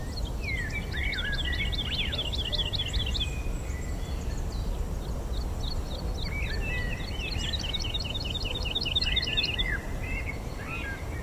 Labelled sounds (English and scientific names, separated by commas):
Wood Lark (Lullula arborea) flight song